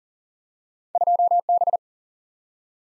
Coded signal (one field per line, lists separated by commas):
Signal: Morse code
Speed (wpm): 40 wpm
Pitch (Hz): 700 Hz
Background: none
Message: 2B